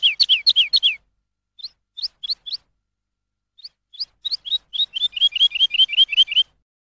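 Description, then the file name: Lark song: quick runs of high falling chirps, then sparse single notes that speed up again into a steady repeated series. Masteran training song for songbirds. "suara masteran lark"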